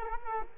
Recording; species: mosquito wingbeat signal from an infrared sensor; Culex quinquefasciatus